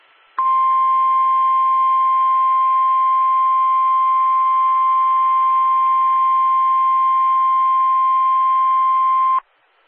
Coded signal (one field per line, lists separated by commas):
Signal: Emergency Alert System (SAME) tones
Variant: 1050 Hz attention tone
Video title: EAS (Failed) Winter Storm Warning New York City, New York NOAA Weather Radio KWO35